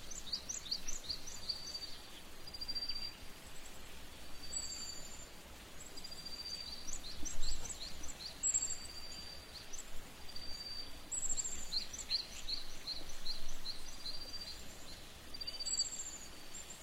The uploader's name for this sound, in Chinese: 开满黄色油菜花的田里